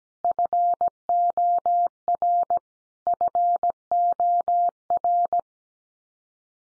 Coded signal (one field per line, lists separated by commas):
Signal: Morse code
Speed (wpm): 17 wpm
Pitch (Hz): 700 Hz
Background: none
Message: FOR FOR